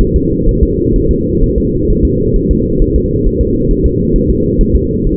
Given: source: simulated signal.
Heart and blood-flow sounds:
fetal heart sounds
0.01 s: S1
0.16 s: S2
0.49 s: S1
0.63 s: S2
0.96 s: S1
1.11 s: S2
1.43 s: S1
1.58 s: S2
1.90 s: S1
2.05 s: S2
2.36 s: S1
2.51 s: S2
2.82 s: S1
2.96 s: S2
3.27 s: S1
3.41 s: S2
3.71 s: S1
3.86 s: S2
4.16 s: S1
4.30 s: S2
4.61 s: S1
4.76 s: S2
5.06 s: S1
From the record:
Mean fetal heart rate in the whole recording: 130 bpm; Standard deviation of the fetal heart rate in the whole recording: 4 bpm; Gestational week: 38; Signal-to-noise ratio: -14.7 dB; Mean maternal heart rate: 72 bpm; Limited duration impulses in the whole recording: present

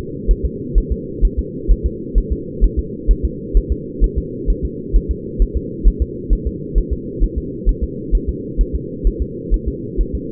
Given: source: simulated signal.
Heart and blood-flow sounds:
fetal heart sounds
0.31 s: S1
0.45 s: S2
0.78 s: S1
0.92 s: S2
1.25 s: S1
1.39 s: S2
1.72 s: S1
1.86 s: S2
2.18 s: S1
2.33 s: S2
2.64 s: S1
2.79 s: S2
3.11 s: S1
3.25 s: S2
3.57 s: S1
3.72 s: S2
4.04 s: S1
4.18 s: S2
4.50 s: S1
4.65 s: S2
4.96 s: S1
5.11 s: S2
5.42 s: S1
5.57 s: S2
5.88 s: S1
6.02 s: S2
6.33 s: S1
6.47 s: S2
6.78 s: S1
6.93 s: S2
7.23 s: S1
7.38 s: S2
7.69 s: S1
7.84 s: S2
8.15 s: S1
8.29 s: S2
8.61 s: S1
8.76 s: S2
9.07 s: S1
9.22 s: S2
9.54 s: S1
9.68 s: S2
10.01 s: S1
10.15 s: S2
From the record:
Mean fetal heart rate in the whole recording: 130 bpm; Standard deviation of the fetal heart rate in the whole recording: 2 bpm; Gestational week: 36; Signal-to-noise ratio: -4.1 dB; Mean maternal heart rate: no maternal heart sound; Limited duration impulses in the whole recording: absent

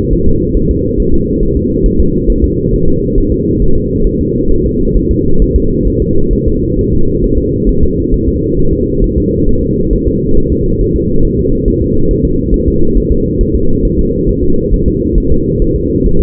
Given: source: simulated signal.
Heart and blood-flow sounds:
fetal heart sounds
0.13 s: S1
0.28 s: S2
0.57 s: S1
0.71 s: S2
1.00 s: S1
1.14 s: S2
1.43 s: S1
1.57 s: S2
1.86 s: S1
2.00 s: S2
2.30 s: S1
2.44 s: S2
2.74 s: S1
2.88 s: S2
3.18 s: S1
3.32 s: S2
3.62 s: S1
3.76 s: S2
4.07 s: S1
4.21 s: S2
4.51 s: S1
4.66 s: S2
4.97 s: S1
5.11 s: S2
5.42 s: S1
5.56 s: S2
5.88 s: S1
6.02 s: S2
6.33 s: S1
6.47 s: S2
6.79 s: S1
6.93 s: S2
7.24 s: S1
7.38 s: S2
7.69 s: S1
7.84 s: S2
8.14 s: S1
8.28 s: S2
8.59 s: S1
8.73 s: S2
9.04 s: S1
9.18 s: S2
9.49 s: S1
9.63 s: S2
9.93 s: S1
10.08 s: S2
10.38 s: S1
10.52 s: S2
10.81 s: S1
10.96 s: S2
11.25 s: S1
11.39 s: S2
11.68 s: S1
11.82 s: S2
12.11 s: S1
12.25 s: S2
12.54 s: S1
12.68 s: S2
12.97 s: S1
13.12 s: S2
13.41 s: S1
13.55 s: S2
13.85 s: S1
13.99 s: S2
14.29 s: S1
14.44 s: S2
14.74 s: S1
14.88 s: S2
15.18 s: S1
15.32 s: S2
15.62 s: S1
15.76 s: S2
16.06 s: S1
16.21 s: S2
From the record:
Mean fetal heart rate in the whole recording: 135 bpm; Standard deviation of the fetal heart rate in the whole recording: 3 bpm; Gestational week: 36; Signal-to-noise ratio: -17.7 dB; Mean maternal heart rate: 72 bpm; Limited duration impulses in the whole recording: present

